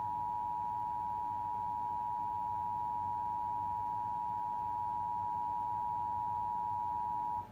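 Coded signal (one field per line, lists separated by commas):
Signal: Emergency Alert System (SAME) tones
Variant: 853 and 960 Hz attention tone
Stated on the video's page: Backlogged weekly tests and national test captured from television programs.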